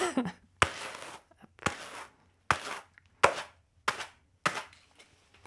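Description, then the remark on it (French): Washed raw wool, still slightly greasy with suint and stuck together, being combed with large combs like big dog combs: about seven brisk, raspy strokes at a steady rhythm, each starting with a sharp scrape and trailing off quickly. No one speaks. “Donc je vais la peigner avant parce qu'elle est un peu collée là.”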